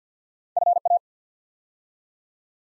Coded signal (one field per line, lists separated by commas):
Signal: Morse code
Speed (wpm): 50 wpm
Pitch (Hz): 700 Hz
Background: none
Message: FA